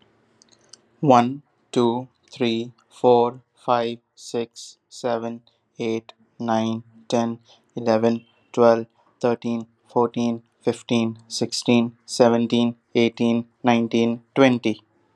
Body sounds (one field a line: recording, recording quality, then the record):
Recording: counting at a normal pace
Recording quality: excellent, no background noise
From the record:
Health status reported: COVID-19 positive, mild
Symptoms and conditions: cough, cold, sore throat, fever, fatigue, muscle pain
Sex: male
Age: 25 years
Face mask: worn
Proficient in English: yes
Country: India